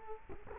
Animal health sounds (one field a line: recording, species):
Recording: mosquito wingbeat signal from an infrared sensor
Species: Culex quinquefasciatus